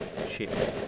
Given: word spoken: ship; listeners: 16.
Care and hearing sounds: one English word in noise, from a listening test; noise modulated by three-talker babble; -6.4 dB; 4 of 16; 9 of 16; 0.48 s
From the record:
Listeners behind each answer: 9, 4, 3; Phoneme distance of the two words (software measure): 17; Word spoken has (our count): 1 syllable, 3 phonemes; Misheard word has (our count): 1 syllable, 4 phonemes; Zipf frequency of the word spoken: 4.77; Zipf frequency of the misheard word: 4.44

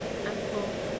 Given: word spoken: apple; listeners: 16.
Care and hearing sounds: one English word in noise, from a listening test; speech-shaped noise; -5.6 dB; 1 of 16; 10 of 16; 0.59 s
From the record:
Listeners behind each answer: 10, 1, 1, 1, 1, 1, 1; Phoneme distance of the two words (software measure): 7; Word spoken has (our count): 2 syllables, 3 phonemes, stress on syllable 1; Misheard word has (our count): 2 syllables, 4 phonemes, stress on syllable 1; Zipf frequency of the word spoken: 4.58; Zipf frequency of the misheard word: 3.27

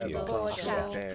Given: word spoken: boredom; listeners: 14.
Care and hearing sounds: one English word in noise, from a listening test; four-talker babble; -2.9 dB; 2 of 14; 6 of 14; 0.75 s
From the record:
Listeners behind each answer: 6, 2, 1, 1, 1, 1, 1, 1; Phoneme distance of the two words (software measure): 7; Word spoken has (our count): 2 syllables, 5 phonemes, stress on syllable 1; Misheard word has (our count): 2 syllables, 4 phonemes, stress on syllable 1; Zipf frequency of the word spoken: 3.26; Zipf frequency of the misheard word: 4.61

